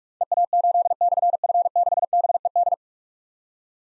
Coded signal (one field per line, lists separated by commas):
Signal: Morse code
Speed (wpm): 44 wpm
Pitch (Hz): 700 Hz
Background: none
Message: EA8/F6BED